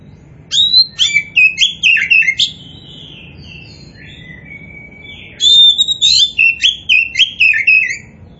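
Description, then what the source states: Oriental magpie-robin song: two loud bursts of rich, varied whistles and slurred notes, fast and jumbled, separated by a few quieter seconds. Kacer poci type, described as gacor (singing actively).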